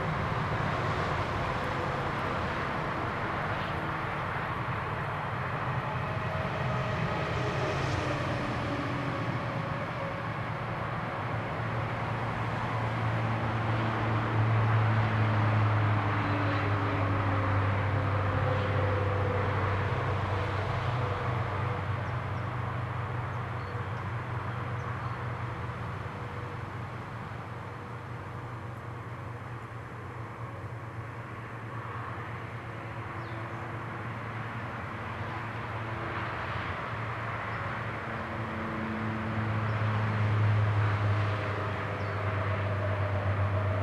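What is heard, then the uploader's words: Cars pass along a road with a continuous low rumble that never drops away, swelling around 15 seconds and again near 40 seconds. Engine drones and tire hiss blend into a dense, steady wash, with occasional brighter passing sounds rising and fading. Ext Road - Cars Passing.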